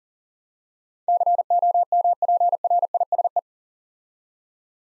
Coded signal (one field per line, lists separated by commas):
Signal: Morse code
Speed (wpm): 38 wpm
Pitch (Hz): 700 Hz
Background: none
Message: COMPRISE